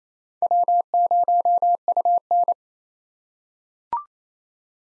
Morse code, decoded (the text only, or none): W0UN